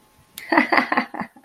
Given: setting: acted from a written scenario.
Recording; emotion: vocal sound without words; amusement